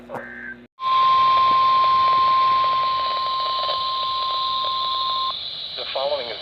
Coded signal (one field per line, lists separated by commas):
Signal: Emergency Alert System (SAME) tones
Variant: 1050 Hz attention tone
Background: speech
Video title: Weather At Night. Small EAS Alerts From 9/6/23 (EAS 319-322)